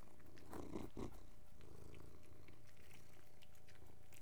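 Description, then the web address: Cat purring, a low, soft rumble with a few stronger throbs early on, then continuing quietly and evenly. Three cats purring together. "BBC Sound Effects Library. Three Cats Purring"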